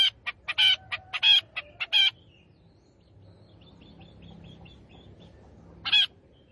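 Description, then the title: Long-tailed shrike song: a rapid burst of rasping notes, then a faint series of soft ticking notes, ending with one more harsh note. Singing lively, described in Indonesian as gacor. "Cendet Gacor"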